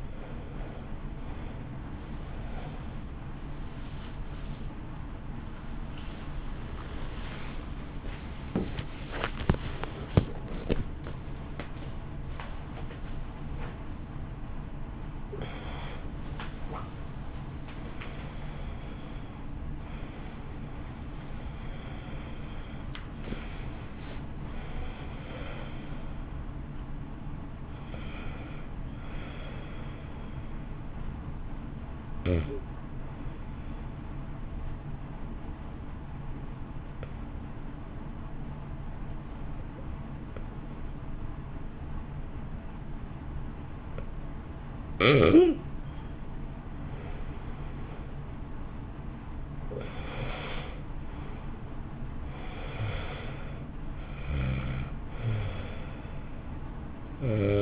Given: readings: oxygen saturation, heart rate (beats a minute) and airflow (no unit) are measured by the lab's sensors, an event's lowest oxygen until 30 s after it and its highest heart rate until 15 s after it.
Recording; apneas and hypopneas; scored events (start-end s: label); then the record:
breathing in sleep by a smartphone at the bedside; 2
2.00-31.00 s: awake
6.00-22.70 s: hypopnea (scored as awake, oxygen 97% highest, then 91% lowest, heart rate 65 at the start, 69 highest)
28.00-57.62 s: new sleep stage, N1 (lightest sleep)
31.00-48.80 s: hypopnea (N1, oxygen 95% highest, then 83% lowest, heart rate 60 at the start, 64 highest)
From the record:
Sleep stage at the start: awake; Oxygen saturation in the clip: 87 to 97%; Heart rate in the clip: 51 to 69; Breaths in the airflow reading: 13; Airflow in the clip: -2.1 to 3.8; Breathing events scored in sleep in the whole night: 328 in 6.3 hours asleep